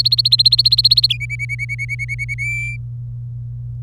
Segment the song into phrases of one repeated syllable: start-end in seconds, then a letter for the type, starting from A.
0.00-1.17 A, 1.20-2.34 B, 2.38-2.76 C